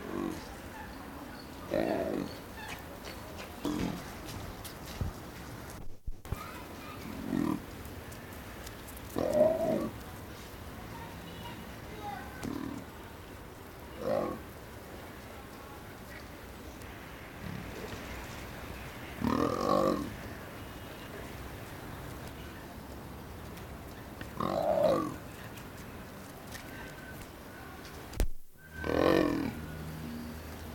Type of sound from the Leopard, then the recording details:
call. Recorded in captivity. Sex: male. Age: adult. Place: Zoo Berlin, Berlin, DE. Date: 1997-01-18 14:52. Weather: bedeckt, um 0°C. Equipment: Nagra SN, Kopie Uher 4000 Report Monitor. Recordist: Tembrock, Günter